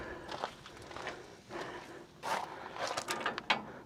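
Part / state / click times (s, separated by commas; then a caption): 3-point quick hitch latch hook onto the implement mounting bracket / not seated / none. Footsteps cross to the other side of a tractor, then someone tries to engage a Titan 3-point quick hitch latch hook onto the implement's mounting bracket. A cluster of metal knocks sounds around 3.1–3.5 s, the loudest at 3.5 s. The latch fails to catch, and nothing has latched.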